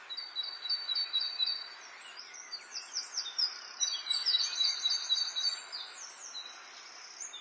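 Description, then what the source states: Bird song with rapid, high trills and chattering phrases repeated in bursts, quieter toward the end, over soft background hiss. Birdsong in an English garden in the late afternoon, urban atmosphere.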